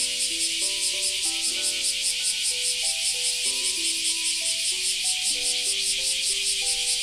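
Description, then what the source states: Cicadas in a dense, hissing chorus that pulses two to three times a second, with steady tonal notes stepping up and down in pitch beneath. Many cicadas calling together, recorded as ambient sound.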